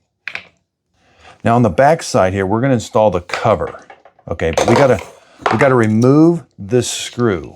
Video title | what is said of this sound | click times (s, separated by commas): WORX 20V Cordless String Trimmer UNBOXING / Review / How To Setup Assemble Unit | So, you're going to slide it on and you'll hear a little click. | 0.3 s